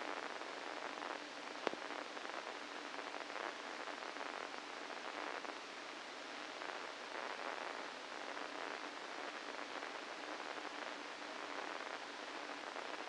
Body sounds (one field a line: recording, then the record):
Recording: brain microelectrode recording played as sound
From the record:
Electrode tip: inside the subthalamic nucleus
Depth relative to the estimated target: -3 mm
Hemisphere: right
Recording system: NeuroSet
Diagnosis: Parkinson's disease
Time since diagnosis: 8 years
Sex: male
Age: 65 years